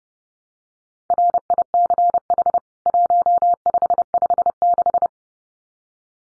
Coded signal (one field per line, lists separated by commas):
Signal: Morse code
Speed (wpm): 30 wpm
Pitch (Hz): 700 Hz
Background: none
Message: RICH 1556